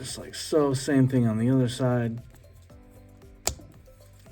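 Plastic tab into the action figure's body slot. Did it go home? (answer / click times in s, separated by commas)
yes / 3.5 s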